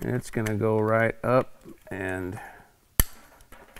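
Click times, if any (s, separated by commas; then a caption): 3.0 s. Someone talks while the wiring harness plug is pushed up onto the cam sensor of an LS marine engine. A sharp, loud snap at 3.0 s shows the connector popping into place, and it is seated.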